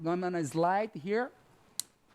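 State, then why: Released. Someone talks during a live procedure demonstration, then goes quiet as the locking button on a catheter delivery system handle is pressed to unlock it. A single sharp click sounds at 1.8 s, and the device is unlocked and released.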